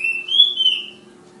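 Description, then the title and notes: Flowerpecker song note: one sharp, high whistle that rises slightly and then eases down. Tledekan/sulingan bird called Ababil, from Kudus. "Tledekan/Sulingan ABABIL. Suara Burung Tledekan Ababil dari Kudus"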